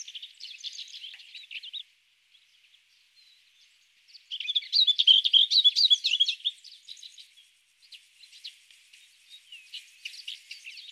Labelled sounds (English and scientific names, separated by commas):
Lesser Whitethroat (Sylvia curruca) song